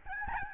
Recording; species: mosquito wingbeat signal from an infrared sensor; Aedes albopictus